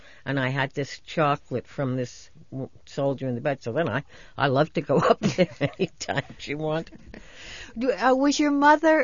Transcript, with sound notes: And I had this chocolate from this soldier in the bed. So then I loved to go up there ( she laughs ) any time she wanted.
Was your mother